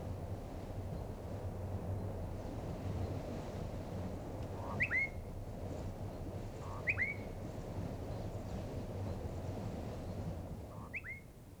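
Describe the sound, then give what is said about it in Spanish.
A babbling brook in Colombia rushes steadily throughout while a mountain wren sings three short, clear whistled phrases, spaced a couple of seconds apart, rising above the water. “El sonido claro de un arroyo cantarino, acompañado de un cucarachero de montaña.”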